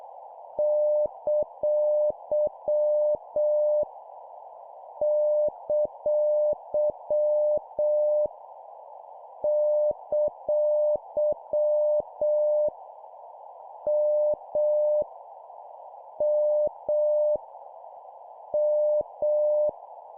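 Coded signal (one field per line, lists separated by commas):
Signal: Morse code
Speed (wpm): 7 wpm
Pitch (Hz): 600 Hz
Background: none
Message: ! ! ! M M M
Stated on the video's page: Morse at 7 wpm: copy-speed drill of random letters, numbers and punctuation, each repeated three times.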